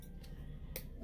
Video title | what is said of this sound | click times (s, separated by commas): Dermaplaning 101 | you'll hear like a little click. | 0.8 s